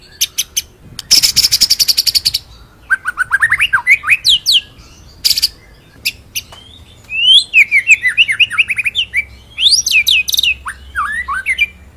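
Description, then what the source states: White-rumped shama song mixing dense high buzzy rattles with varied rising and falling whistled notes in fast, rambling phrases. Masteran, a training song played for songbirds to learn; full rolling song with shooting phrases.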